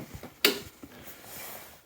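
A Honda Navi scooter seat is pushed forward and pressed down over its rear latch, giving one loud, sharp click at 0.5 s as it locks nice and solid. Only faint, quiet mechanical noise is heard before and after the click.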